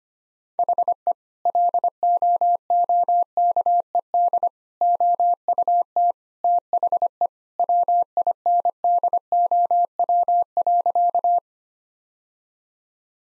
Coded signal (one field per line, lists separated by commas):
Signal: Morse code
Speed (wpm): 25 wpm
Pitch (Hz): 700 Hz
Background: none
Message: HE LOOKED OUT THE WINDOW.